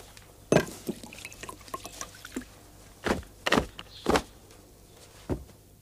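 Milk is poured from a plastic bottle in a few short glugging bursts, with soft plastic clunks and crackles between them and a faint low hum underneath. No one speaks.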